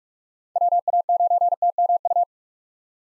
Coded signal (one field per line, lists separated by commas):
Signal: Morse code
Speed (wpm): 46 wpm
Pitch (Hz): 700 Hz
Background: none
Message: WA9TMU